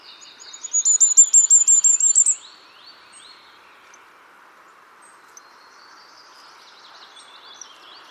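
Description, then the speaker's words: Firecrest song: a fast run of many very high, thin notes rising slightly in pitch, then quiet background hiss. Call rendered zoo zoo zee zee, slightly lower pitched than goldcrest's, ending in a brief trill, lacking goldcrest's cyclic rhythm; very high pitched; presence often betrayed by call and male's song. "presence is often betrayed by its call and the male's song, which is, as often the case, difficult to accurately describe."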